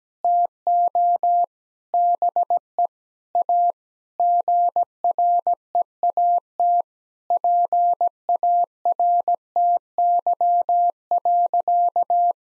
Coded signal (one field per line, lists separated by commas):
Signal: Morse code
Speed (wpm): 17 wpm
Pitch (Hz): 700 Hz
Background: none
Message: TO BE A GREAT PARTY.